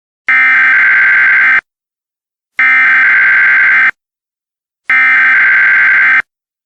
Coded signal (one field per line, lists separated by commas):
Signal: Emergency Alert System (SAME) tones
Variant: header bursts